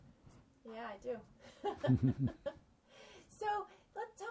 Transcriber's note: laughter